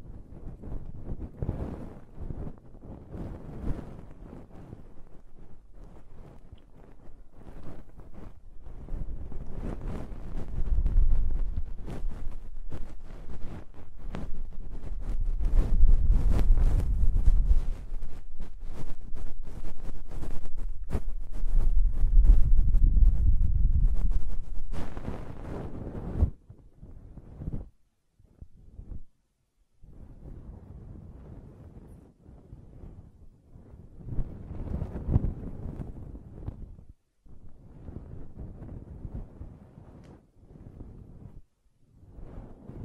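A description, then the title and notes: Ear cleaning and blowing: rough, gusty rushing bursts, heaviest and most continuous between about 10 and 26 seconds, then sparser short puffs. ASMR Ear Cleaning and Blowing (No Talking).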